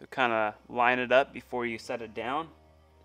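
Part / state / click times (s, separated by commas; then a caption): metal shift part on the shift drum pin in a motorcycle engine / not seated / none. A metal gearbox part is being lined up by hand so its groove meets the pin on the shift drum of a CR250 motorcycle engine while someone talks. The part is only being aligned before it is set down, so nothing has seated or clicked yet.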